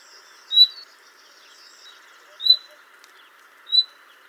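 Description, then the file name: Common nightingale giving three separate, pure whistled notes over a faint steady background hum. "Luscinia megarhynchos"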